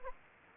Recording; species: mosquito wingbeat signal from an infrared sensor; Anopheles gambiae